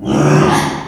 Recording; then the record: squeal of a Yucatan mini pig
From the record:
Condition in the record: after surgery on the right vocal fold (resection and tissue-engineered implant); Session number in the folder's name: 3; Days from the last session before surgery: 33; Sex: male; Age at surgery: 12 weeks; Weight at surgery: 13 kg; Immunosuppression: cyclosporine, prednisolone